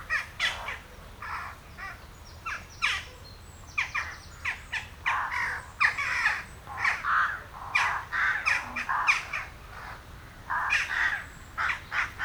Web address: Effects 02-Birds, Insects Animals. Birds Crown Jackdaws